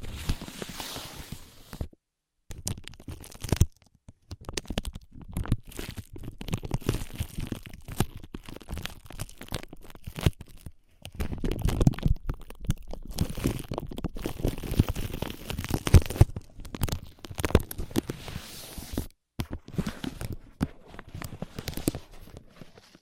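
Ear massage and cleaning sounds: dense, rapid crackling and rubbing with crinkly, tearing textures, mostly low and muffled with some brighter scratches. Bursts run continuously, broken by brief silent gaps near 2, 11, 19 and 22 seconds, swelling busiest around 11–15 seconds.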